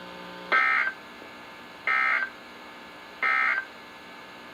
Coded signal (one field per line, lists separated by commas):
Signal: Emergency Alert System (SAME) tones